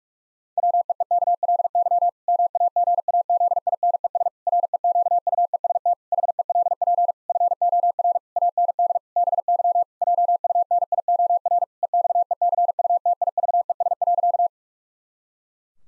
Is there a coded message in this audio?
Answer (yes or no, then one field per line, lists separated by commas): yes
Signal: Morse code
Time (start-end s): 0.6-14.5 s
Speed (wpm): 46 wpm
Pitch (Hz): 700 Hz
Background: none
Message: WEEKLY MAGAZINES REQUEST HELP FOR AND BY JUNIOR EXECUTIVES.